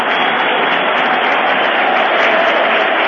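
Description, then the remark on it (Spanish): A huge stadium crowd applauds the 11 Boca players after a goal by Somoza puts Boca ahead 2-1, a dense, continuous roar of clapping that holds at a loud, even level with no break throughout. “Aplauden a los 11 jugadores de Boca.”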